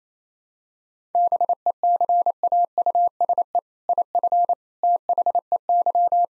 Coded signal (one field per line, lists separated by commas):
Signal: Morse code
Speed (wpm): 28 wpm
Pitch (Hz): 700 Hz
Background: none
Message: BECAUSE IF THEY